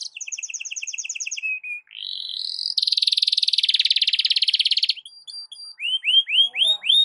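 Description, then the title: Canary singing fast repeated chirps, a long rolling buzzy trill, then a series of loud upswept whistles. Belgian canary singing a morning warm-up song, used for masteran (tutoring other birds). "Canto Para Esquentar Canário Belga. SUARA BURUNG KENARI DI PAGI HARI COCOK BUAT MASTERAN"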